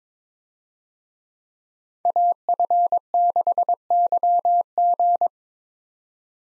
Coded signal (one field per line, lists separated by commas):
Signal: Morse code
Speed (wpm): 22 wpm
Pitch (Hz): 700 Hz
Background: none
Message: AF6YG